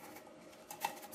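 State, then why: Not seated. The metal and glass chimney cover of a UCO Candlelier three-candle lantern is handled over the lit candles as it is fitted onto its base, with a low rustle and two short, sharp ticks near 0.9 and 1.2 seconds. The cover has not locked onto the base yet, and nothing has seated or clicked.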